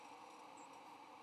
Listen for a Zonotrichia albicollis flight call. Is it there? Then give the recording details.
no. Another species' flight call is heard. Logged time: 07:41 on 8 November 2014